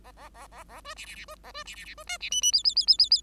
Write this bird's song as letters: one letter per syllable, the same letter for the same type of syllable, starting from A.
A A A A A B C C C B A B C C C B D C E E F F F F F F